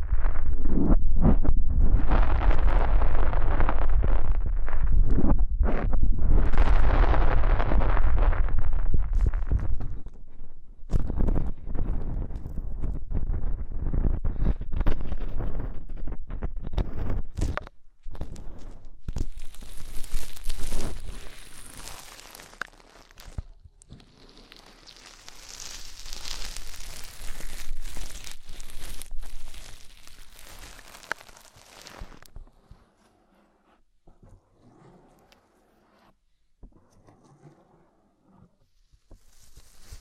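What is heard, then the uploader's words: Deep ear cleaning with heavy, muffled rubbing and scraping, loudest and thickest in the first ten seconds. Scratchy bursts and a brighter hissing swell follow through the middle, then the sounds thin out into faint, sparse crackles toward the end. ASMR INTENSE Deep Ear Cleaning (No Talking).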